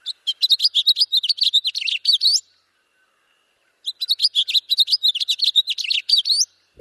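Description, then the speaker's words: House finch song: two long, rapid warbling phrases of bright chirps and slurred notes, each two to three seconds, separated by a pause of over a second. Singing loudly. "Or hear a house finch belting it out from a street tree."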